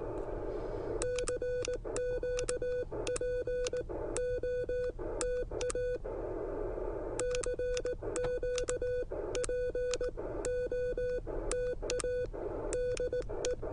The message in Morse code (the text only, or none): CQ POTA CQ POTA DE